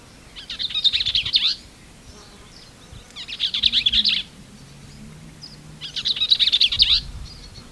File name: Bell's vireo